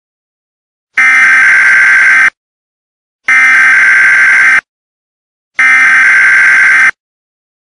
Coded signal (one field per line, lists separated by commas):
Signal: Emergency Alert System (SAME) tones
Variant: header bursts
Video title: The Fat Warren Cook EAS Scenario [Not Ethan]